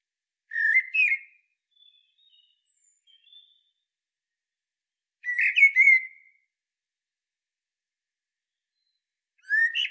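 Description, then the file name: Common blackbird uttering three fluty, slightly buzzy phrases a few seconds apart, with faint thin high notes between the first two. "Turdus merula"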